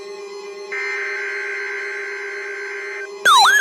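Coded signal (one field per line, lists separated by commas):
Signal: Emergency Alert System (SAME) tones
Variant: header bursts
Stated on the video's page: Two Required Weekly Tests on the NOAA Weather Radio station heard.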